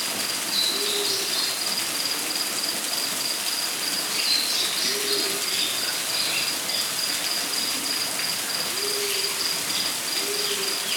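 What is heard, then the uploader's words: Rainforest ambience with a dense, steady hiss like rain or massed insects filling the whole clip. A high, continuous insect trill runs throughout, with brief chirps above it. Low hooting calls repeat roughly every four seconds underneath. Relaxing Rainforest Ambience.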